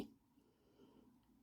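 The steel blade of a RoseCraft Blades "Loosahatchie Jack" slipjoint pocket knife, a second-quality piece, is being opened against its backspring after the pivot has been flushed. A brief sharp sound at the very start gives way to quiet, low handling noise. Nothing has clicked into the open stop yet.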